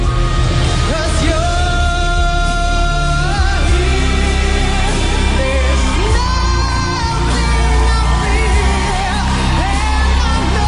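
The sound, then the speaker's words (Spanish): A crowd in Austria cheers and gives a standing ovation after a song, overlapping yells and whoops rising over a dense, steady roar of applause that fills the whole stretch. “Me parece exagerada la reacción del público. El público aplaude de pie con lágrimas en los ojos.”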